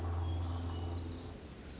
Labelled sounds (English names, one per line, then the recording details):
Orange-crowned Warbler
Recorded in Sonoma County, California